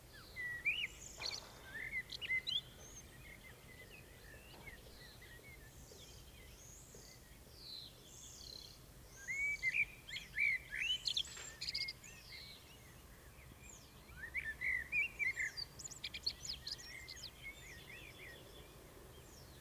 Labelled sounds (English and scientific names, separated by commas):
Common Blackbird (Turdus merula) song